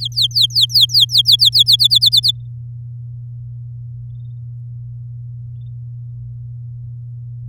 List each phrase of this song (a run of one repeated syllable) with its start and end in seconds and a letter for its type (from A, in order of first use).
0.01-1.76 A, 1.79-2.31 B